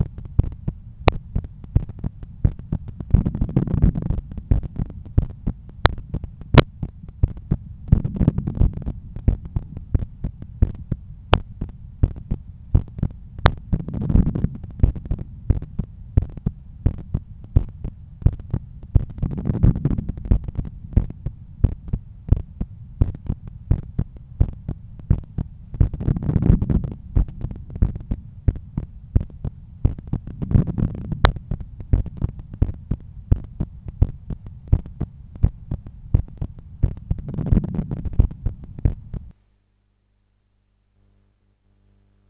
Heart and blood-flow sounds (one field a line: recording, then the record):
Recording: heart sounds by stethoscope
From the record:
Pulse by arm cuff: 87 bpm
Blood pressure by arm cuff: 129/83 mmHg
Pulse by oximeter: 89 bpm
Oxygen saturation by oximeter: 97%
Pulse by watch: 88 bpm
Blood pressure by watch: 124/80 mmHg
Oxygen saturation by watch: 96%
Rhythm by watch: sinus rhythm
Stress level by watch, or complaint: low stress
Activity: after 5 min smoking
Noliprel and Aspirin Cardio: after pills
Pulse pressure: 46 mmHg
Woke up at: 7:20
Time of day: 14:05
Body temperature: 35 C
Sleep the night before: 8 h 11 min, score 61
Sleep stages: REM 22%, light 68%, deep 3%, awake 7%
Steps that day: 9500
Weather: sunny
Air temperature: 27.4 C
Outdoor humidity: 50%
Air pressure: 1016 hPa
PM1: 11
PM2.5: 16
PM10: 21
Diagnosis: hypertension, treated with Noliprel and Aspirin Cardio 100 mg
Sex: male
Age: 53 years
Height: 174 cm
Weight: 81 kg